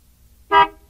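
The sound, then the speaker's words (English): A single short car horn honk, loud and bright with a steady harmonic tone, lasting about half a second over a faint low rumble. “Is this a plane, too? No, it's not. It's a car.”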